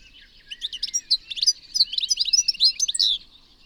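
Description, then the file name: European goldfinch giving a rapid, liquid twitter of high chirps and trills for about three seconds, with a faint continuous hiss behind. "Carduelis carduelis"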